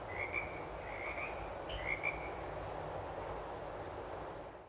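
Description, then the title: Frogs giving brief trilled chirps, three bursts in the first two seconds, then only steady rushing background noise. "froggos"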